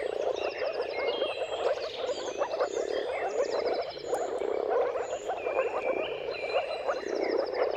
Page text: Jakub-Orzecki moor frogs. earth.fm. Dawn’s Chorus: Mating Calls of Marsh Frogs at Sunrise. Depending on the weather at the turn of March and April, you can witness an amazing spectacle of moor frogs